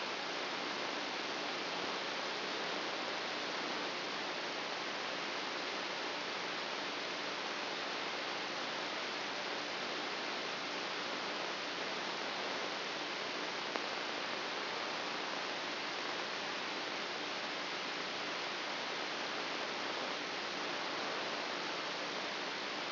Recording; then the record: brain microelectrode recording played as sound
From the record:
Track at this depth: outside the subthalamic nucleus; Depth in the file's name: 5.002 mm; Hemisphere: left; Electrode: 2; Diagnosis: Parkinson's disease